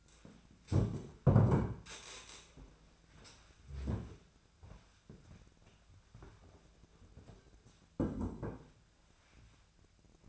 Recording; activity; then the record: daily activity, microphone in the room; stand up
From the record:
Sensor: 2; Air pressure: 1007.9 hPa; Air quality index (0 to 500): 180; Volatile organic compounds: 10 ppm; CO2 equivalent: 2214 ppm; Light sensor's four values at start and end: 10/24/10/10 and 10/24/10/10